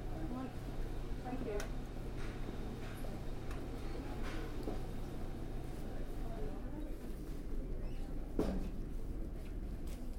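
Platform 3B at Peterborough Station: a steady low rumble with murmured voices, a few sharp clicks and knocks, and a brief thud near eight seconds.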